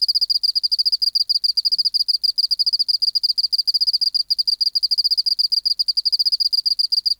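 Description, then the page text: Oceanic field cricket trilling steadily, a fast unbroken train of high pulsed chirps with a crisp harmonic overtone, nothing else audible. Museum specimen in the BMNH Acoustic Laboratory, 19 March 1984, 11:15 local time, 24°C, 30% humidity, still air, dim light. "Teleogryllus oceanicus. BioAcoustica. Natural History Museum Sound Archive. Recording Location: BMNH Acoustic Laboratory Recorded by: W. J. Reynolds Date Recorded: Mandag, marts 19, 1984 Local time: 1115"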